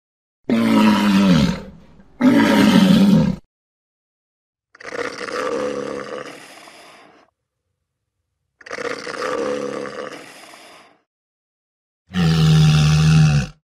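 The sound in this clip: Walrus roars: loud, deep harmonic bellows in bursts of one to about two and a half seconds, with two close blasts, then two softer, fading growls, and a final strong blast.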